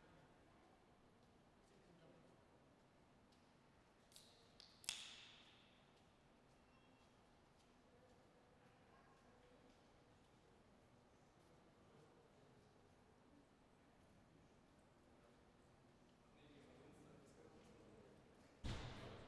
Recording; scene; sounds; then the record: everyday scene through a hearing-aid microphone; reverberant space; background noise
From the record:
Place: railway station hall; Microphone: behind the ear, right, front